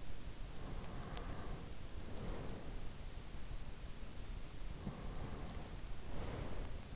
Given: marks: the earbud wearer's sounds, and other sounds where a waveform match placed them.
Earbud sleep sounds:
sounds in sleep by an in-ear microphone; breath
0.54-2.71 s: breath
4.51-6.96 s: breath

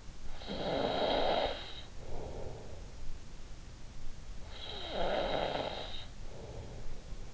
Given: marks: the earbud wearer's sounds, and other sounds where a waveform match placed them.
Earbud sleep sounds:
sounds in sleep by an in-ear microphone; snoring breath
0.17-3.35 s: snoring breath
4.26-7.34 s: snoring breath

